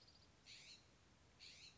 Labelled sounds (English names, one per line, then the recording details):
California Scrub-Jay
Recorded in Sonoma County, California